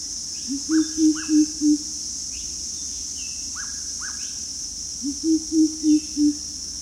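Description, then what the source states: Greater coucal giving two runs of about five deep, even hoots, each run lasting around a second, with paired falling whistles from another bird and a steady high insect drone. Recorded at Danum on 1 April 2006.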